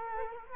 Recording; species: mosquito wingbeat signal from an infrared sensor; Culex quinquefasciatus